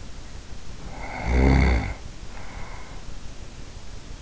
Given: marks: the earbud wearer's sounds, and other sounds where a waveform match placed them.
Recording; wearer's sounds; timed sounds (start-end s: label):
sounds in sleep by an in-ear microphone; snoring breath
0.82-3.09 s: snoring breath